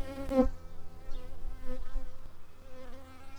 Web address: bumblebees Sylvarum-workers